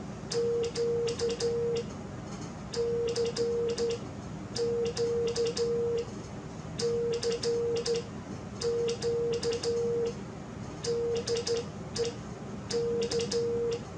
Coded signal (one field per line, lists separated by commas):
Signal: Morse code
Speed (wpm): 12 wpm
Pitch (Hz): 470 Hz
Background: none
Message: Q CQ CQ DE K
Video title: #HamRadio Live! Show 243 Part 2 About The Least Used Bands In Ham Radio. 2200m and 630m Thanks N4POD